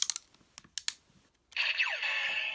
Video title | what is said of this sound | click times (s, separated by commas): Kamen Rider Zi-O DX Ridewatch Daizer & Den-O Ridewatch Review | then you get some more ride watches click it into place | 0.8 s, 0.9 s